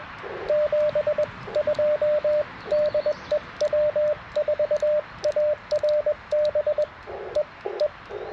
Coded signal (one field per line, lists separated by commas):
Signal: Morse code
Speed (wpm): 20 wpm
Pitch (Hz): 600 Hz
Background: radio noise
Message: 72 DE W4ARB E E